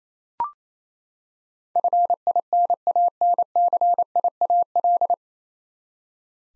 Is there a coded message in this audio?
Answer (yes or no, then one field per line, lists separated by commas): yes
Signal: Morse code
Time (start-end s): 1.8-5.1 s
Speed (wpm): 28 wpm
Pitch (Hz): 700 Hz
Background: none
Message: FINANCIAL